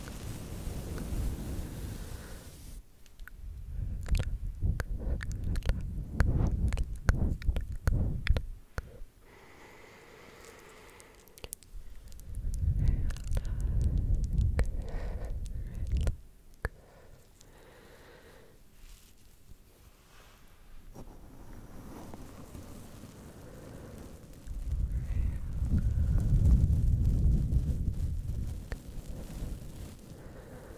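Slow brushing across a microphone makes low rumbling swells in waves, from about 3 to 9, 12 to 16, and 25 to 30 seconds, with scratchy clicks between.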